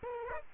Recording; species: mosquito wingbeat signal from an infrared sensor; Aedes aegypti